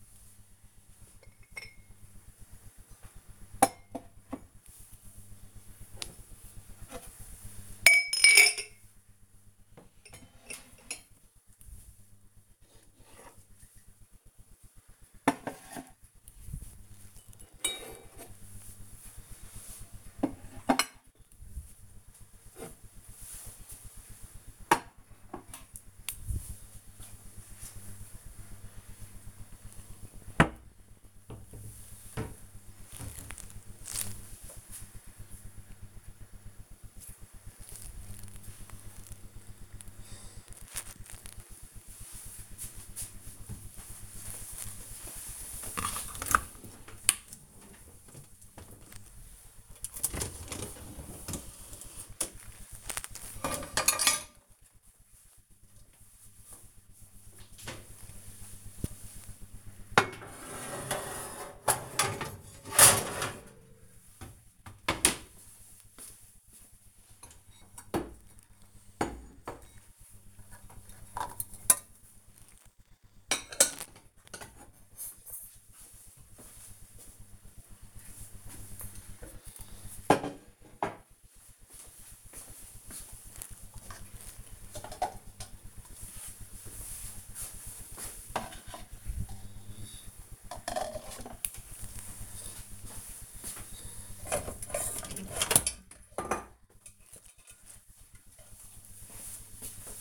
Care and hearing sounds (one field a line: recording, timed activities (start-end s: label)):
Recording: household activities, microphone on the right wrist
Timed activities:
0.00-32.07 s: putting away the dishes
44.12-100.01 s: cleaning out the dishwasher